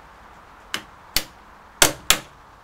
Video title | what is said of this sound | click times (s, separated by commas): Audi TT -99 etupyörän laakerin vaihto | napsahti kivasti paikoilleen kun laakeri on oikealla syvyydellä | 1.8 s, 2.1 s